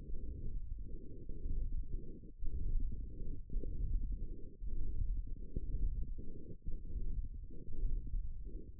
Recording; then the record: forearm muscle sounds (acoustic myography)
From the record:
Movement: hand opening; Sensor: system 1, eight BSWA MPA416 microphones around the upper forearm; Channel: 7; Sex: female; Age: 22 years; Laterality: right